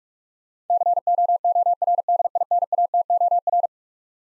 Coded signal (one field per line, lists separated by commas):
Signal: Morse code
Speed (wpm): 46 wpm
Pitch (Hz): 700 Hz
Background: none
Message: COORDINATOR